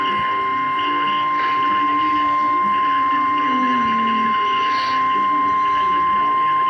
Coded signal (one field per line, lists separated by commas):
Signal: Emergency Alert System (SAME) tones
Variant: 1050 Hz attention tone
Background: speech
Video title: Severe Thunderstorm Warning EAS #67